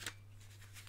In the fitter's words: So it just clicks into place.